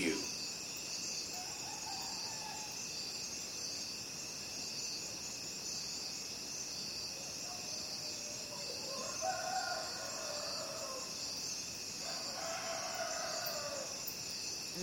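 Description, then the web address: Crickets keep up a continuous high-pitched chorus; faint tonal calls from another animal rise briefly twice in the second half. Recorded at night. "the sound pack tree. night crickets"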